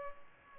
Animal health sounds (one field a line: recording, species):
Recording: mosquito wingbeat signal from an infrared sensor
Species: Culex pipiens